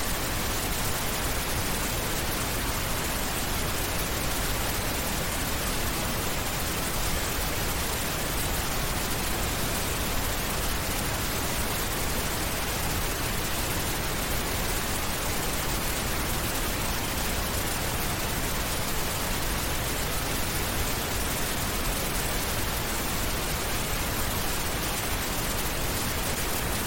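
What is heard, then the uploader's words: Pink noise plays as a constant, even hiss with no breaks or events across the whole clip. The sound is dense and unchanging, weighted slightly toward a soft low rush while still carrying a bright, airy top. Pink noise. Static, hiss. Flicker noise, 1/f.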